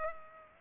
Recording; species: mosquito wingbeat signal from an infrared sensor; Culex pipiens